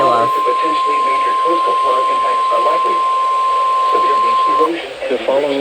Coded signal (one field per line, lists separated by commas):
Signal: Emergency Alert System (SAME) tones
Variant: 1050 Hz attention tone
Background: speech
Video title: Coastal Flood Warning on KIH28. EAS #826